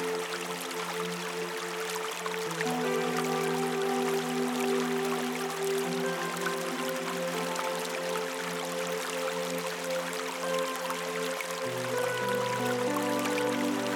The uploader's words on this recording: Meditative music, blended with the gentle serenade of a sparkling river. The gentle sounds of the river form a natural symphony, harmonizing with the meditative music.